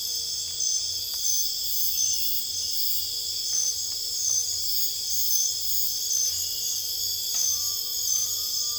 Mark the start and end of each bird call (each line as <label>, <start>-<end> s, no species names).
bird call, 7.50-8.78 s